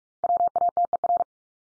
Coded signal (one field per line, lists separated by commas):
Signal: Morse code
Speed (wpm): 46 wpm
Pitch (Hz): 700 Hz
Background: none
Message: WATER